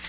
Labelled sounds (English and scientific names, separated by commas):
Palm Warbler (Setophaga palmarum) flight call